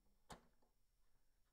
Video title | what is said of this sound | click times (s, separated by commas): How To Install Bypass Tray On Sawgrass SG500 & SG1000 Printer | till you hear it snap in place. | 0.3 s